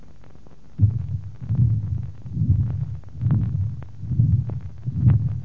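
Low, rumbling adult heart sounds at about 69 beats a minute, with prolonged murmur filling much of each cycle. Both systolic and diastolic murmurs are pronounced, fitting combined aortic stenosis and aortic regurgitation.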